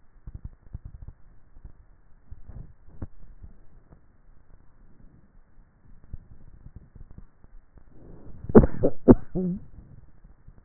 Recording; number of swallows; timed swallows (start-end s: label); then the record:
swallowing sounds by neck microphone; 1
2.25-3.45 s: swallow
From the record:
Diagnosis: dysphagia